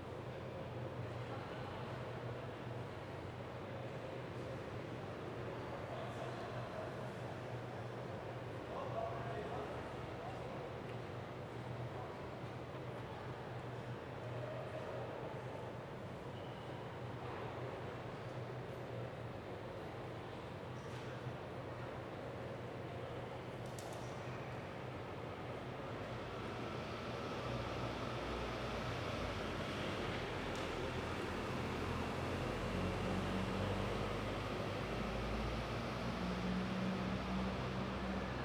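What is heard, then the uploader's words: Train station interior with a steady low rumble of engines and murmuring voices, growing slightly louder after the midpoint, with occasional clanks and bangs. Recorded at Newcastle's Central Station. Recorded at 11:30 approx.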